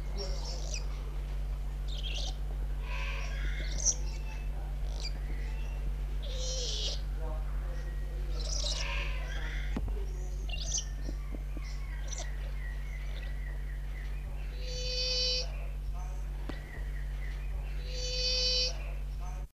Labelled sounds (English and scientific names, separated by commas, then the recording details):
Papuan Lorikeet (Charmosyna papou) call
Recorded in captivity
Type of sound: call
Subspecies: goliathina
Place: Vogelpark Walsrode, Niedersachsen, DE
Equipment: Halbspur, 9,5 cm/s
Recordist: Lütgens, Hans
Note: Rufe